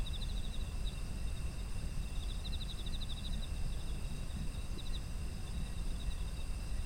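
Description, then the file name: Insects calling with quick high pulsed trills at the start, middle and near five seconds, backed by steady ringing insect tones and deep background rumble. Autumn insect ambience. "秋の虫の環境音"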